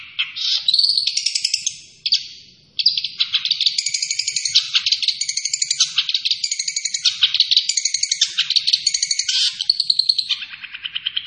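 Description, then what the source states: Long-tailed shrike song, a long, dense stream of scratchy, chattering high notes with rapid clicking rhythm and short pauses. Named by the Indonesian local name cendet; described as gacor, meaning the bird is singing actively.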